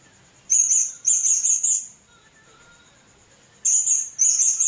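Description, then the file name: Blue-crowned hanging parrot calls: two clusters of very high, rasping, rapidly repeated notes separated by a pause, with a steady piercing background whine. "serindit"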